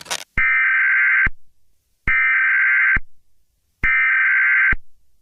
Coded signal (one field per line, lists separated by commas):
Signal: Emergency Alert System (SAME) tones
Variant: header bursts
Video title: EAS scenario: Zembord